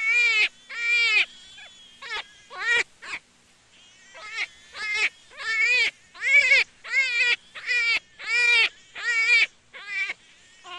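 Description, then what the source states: Jackrabbit calling: a long run of many squealing cries, some clipped and short, others fuller and wavering, spaced irregularly over about eleven seconds. Juvenile.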